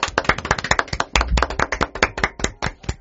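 clapping applause

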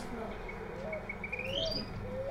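small birds chirping

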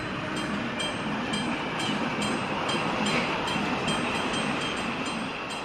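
train passing on rails

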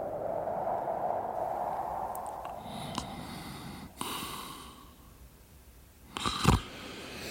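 person snoring

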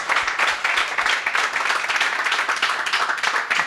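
audience applause

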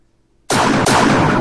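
two gunshots

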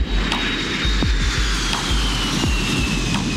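airplane engine

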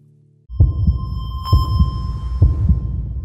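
heartbeat

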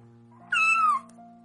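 cat meowing

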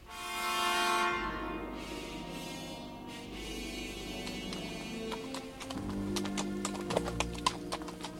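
horse hooves clip-clopping

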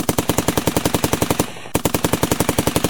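machine gun burst

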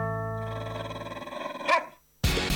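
dog barking

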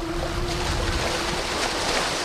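sea waves

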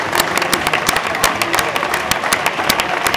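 audience applause

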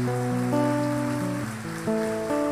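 audience applauding

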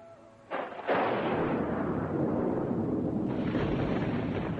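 thunderous explosions

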